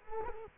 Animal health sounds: mosquito wingbeat signal from an infrared sensor; Culex quinquefasciatus

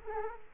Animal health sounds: mosquito wingbeat signal from an infrared sensor; Culex quinquefasciatus

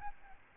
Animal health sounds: mosquito wingbeat signal from an infrared sensor; Aedes albopictus

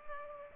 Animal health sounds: mosquito wingbeat signal from an infrared sensor; Culex pipiens

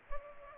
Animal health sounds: mosquito wingbeat signal from an infrared sensor; Culex pipiens

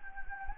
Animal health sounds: mosquito wingbeat signal from an infrared sensor; Anopheles gambiae

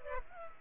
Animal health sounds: mosquito wingbeat signal from an infrared sensor; Culex pipiens

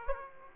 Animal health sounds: mosquito wingbeat signal from an infrared sensor; Aedes aegypti

